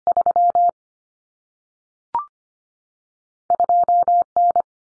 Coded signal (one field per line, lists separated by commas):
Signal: Morse code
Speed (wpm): 25 wpm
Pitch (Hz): 700 Hz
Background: none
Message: 3 2N